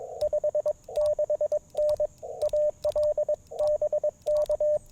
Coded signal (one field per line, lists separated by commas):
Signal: Morse code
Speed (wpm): 22 wpm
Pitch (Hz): 590 Hz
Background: radio noise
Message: 56N AL BK